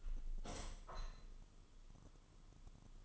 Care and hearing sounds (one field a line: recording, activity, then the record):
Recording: daily activity, microphone in the room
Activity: open window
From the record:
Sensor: 4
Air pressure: 1005.6 hPa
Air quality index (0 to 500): 100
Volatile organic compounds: 2 ppm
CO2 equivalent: 1235 ppm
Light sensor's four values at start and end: 13/29/11/11 and 13/29/11/11